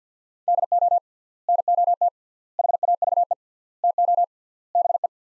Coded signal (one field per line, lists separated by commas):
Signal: Morse code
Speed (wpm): 48 wpm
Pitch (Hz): 700 Hz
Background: none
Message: DO NOT HAVE TO BE